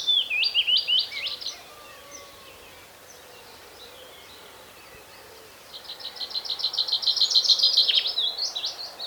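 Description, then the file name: Common chaffinch song heard twice: the end of one phrase at the start, then after a pause a longer trilled phrase. "Fringilla coelebs"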